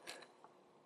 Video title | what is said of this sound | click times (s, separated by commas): Generations Combiner Wars Voyager ONSLAUGHT: EmGo's Transformers Reviews N' Stuff | the knee and it will click into place right there there there you have that | 0.1 s